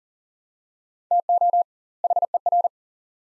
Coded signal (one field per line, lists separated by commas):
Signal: Morse code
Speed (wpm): 40 wpm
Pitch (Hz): 700 Hz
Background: none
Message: TO HER